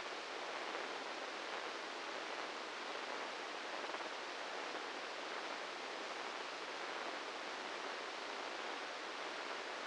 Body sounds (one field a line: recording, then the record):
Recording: brain microelectrode recording played as sound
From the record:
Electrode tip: inside the subthalamic nucleus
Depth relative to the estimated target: -3 mm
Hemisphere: right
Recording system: NeuroSet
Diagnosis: Parkinson's disease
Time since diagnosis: 13 years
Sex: male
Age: 66 years